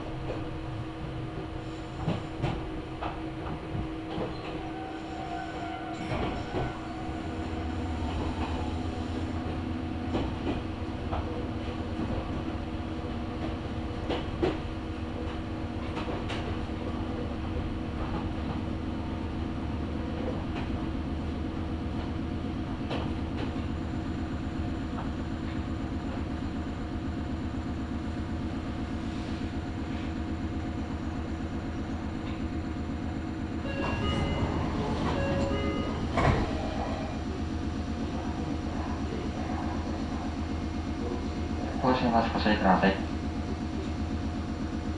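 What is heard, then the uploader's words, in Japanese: A local train on the Meitetsu Kakamigahara Line hums steadily as it rolls along, with a low motor drone rising near six seconds and louder clattering around thirty-five seconds. 名古屋鉄道各務原線 新加納→犬山 普通列車。だいぶ日も西に傾いてきた頃です。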